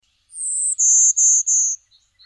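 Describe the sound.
Golden-winged Warbler song: a high, thin buzzy note followed by three slightly lower, drawn-out buzzes, all very high-pitched, in silence.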